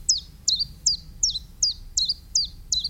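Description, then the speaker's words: Common Chiffchaff singing its simple high song, sharp descending notes repeated steadily about every third of a second, with quiet low background hum. Very simple two-note song; omnipresent, especially this season; heard singing all along a walk by a railway; resident, seen all year. "Les pouillots véloces avaient leur chant très simple, comme ça, à deux notes."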